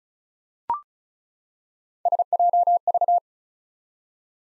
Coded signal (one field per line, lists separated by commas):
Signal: Morse code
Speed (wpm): 36 wpm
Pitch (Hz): 700 Hz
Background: none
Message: SJV